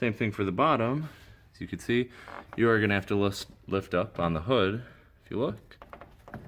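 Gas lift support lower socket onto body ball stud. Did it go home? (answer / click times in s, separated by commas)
no / none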